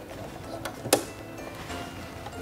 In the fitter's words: lower the presser foot holder and it will snap into place